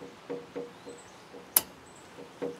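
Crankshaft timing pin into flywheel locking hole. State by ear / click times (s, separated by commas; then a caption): seated / 1.6 s. A timing pin is pushed into the flywheel locking hole of a 2.5 NA diesel engine to lock the crankshaft at the timing point before the timing belt goes on. A sharp, bright click at 1.6 s shows the pin dropping into the flywheel slot, seating and locking the crank. Faint repeating tonal blips sound throughout, and someone talks.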